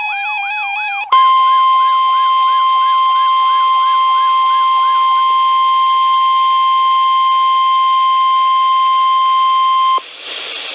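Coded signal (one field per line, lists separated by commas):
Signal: Emergency Alert System (SAME) tones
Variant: 1050 Hz attention tone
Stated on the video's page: Two special marine warnings received from two NOAA weather radio transmitters, issued by the Mount Holly, NJ weather service.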